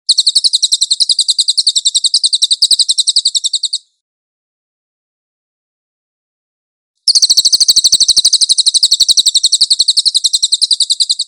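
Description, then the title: Cililin song: a fast, buzzy, high trill of steady chirps, silence for about three seconds, then the rapid chirping trill returning. "SUARA BURUNG CILILIN"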